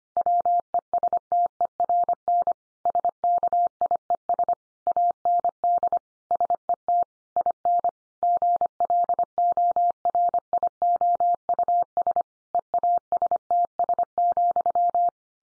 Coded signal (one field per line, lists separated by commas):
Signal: Morse code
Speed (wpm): 25 wpm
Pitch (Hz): 700 Hz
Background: none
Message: WESTERN SKIES AND SET IN GLORIOUS EASTS,